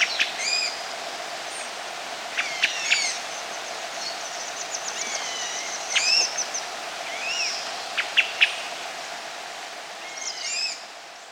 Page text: Turdus poliocephalus